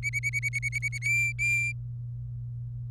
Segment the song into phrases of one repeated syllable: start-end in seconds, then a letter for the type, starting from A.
0.03-0.98 A, 1.02-1.72 B